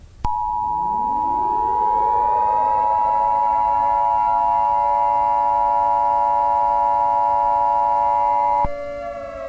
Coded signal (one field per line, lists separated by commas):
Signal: Emergency Alert System (SAME) tones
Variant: 853 and 960 Hz attention tone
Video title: Nuclear Emergency | A EAS Nuclear War Simulation |